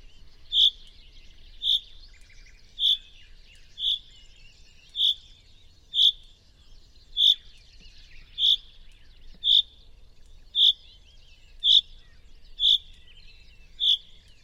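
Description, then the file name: Common chaffinch calling: a long series of short, clear notes repeated steadily over a quiet background. "Fringilla coelebs"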